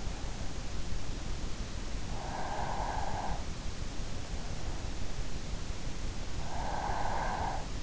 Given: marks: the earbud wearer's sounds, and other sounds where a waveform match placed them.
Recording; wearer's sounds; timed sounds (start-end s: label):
sounds in sleep by an in-ear microphone; breath
2.03-3.68 s: breath
6.20-7.80 s: breath